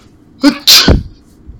Sneeze.